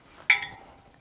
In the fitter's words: stick it in push it in it clicks into place